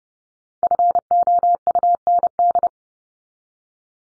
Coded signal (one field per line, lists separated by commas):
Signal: Morse code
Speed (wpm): 30 wpm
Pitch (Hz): 700 Hz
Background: none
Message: FOUND